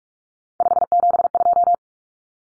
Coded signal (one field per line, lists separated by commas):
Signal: Morse code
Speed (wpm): 44 wpm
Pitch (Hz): 700 Hz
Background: none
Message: 572